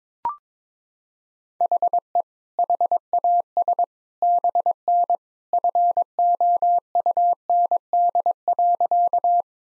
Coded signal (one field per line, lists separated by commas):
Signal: Morse code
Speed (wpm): 22 wpm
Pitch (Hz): 700 Hz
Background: none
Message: HE HAS BN FOUND.